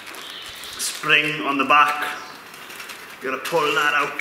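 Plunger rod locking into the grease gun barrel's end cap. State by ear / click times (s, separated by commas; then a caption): not seated / none. A man talks over faint background hiss while handling a JCB metal grease gun, about to pull the spring-loaded plunger rod at the back all the way out until it locks into the barrel's end cap with a small button. Nothing has locked or clicked yet by the end of the clip.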